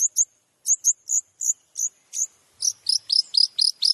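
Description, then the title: Long-tailed shrike song of high, sharp chips that speed up into a rapid chattering run. Full tembakan song, used as training (masteran) for other shrikes. "MASTERAN CENDET FULL TEMBAKAN BUAT MASTERAN CENDET MANAPUN"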